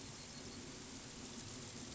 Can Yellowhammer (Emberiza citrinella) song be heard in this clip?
no